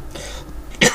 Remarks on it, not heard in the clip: I still have this nagging cough due to my asthma. It comes for me as an asthma attack as a cough.